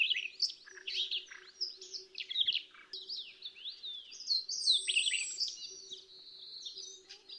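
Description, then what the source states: Siberian rubythroat song, a quick jumble of high whistled and scratchy twitters, including a clear drawn-out high whistle, over a soft constant hum. Song variation.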